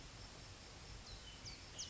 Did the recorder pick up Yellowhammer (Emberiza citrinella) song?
no